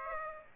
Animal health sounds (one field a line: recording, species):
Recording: mosquito wingbeat signal from an infrared sensor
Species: Aedes aegypti